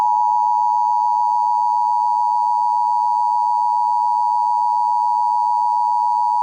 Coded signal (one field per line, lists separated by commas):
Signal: Emergency Alert System (SAME) tones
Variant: 853 and 960 Hz attention tone